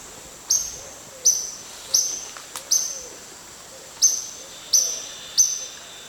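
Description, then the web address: Spotted tody-flycatcher calling, seven short high sharp notes given in an uneven series. Calls recorded in the eastern lowlands of South America. "Natures Songs S America Eastern Lowlands. Todirostrum maculatum, calls"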